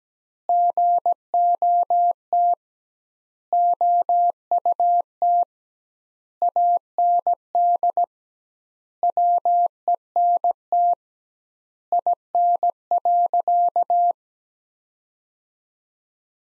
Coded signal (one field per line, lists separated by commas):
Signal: Morse code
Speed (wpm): 17 wpm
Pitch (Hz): 700 Hz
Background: none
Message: GOT OUT AND WENT IN.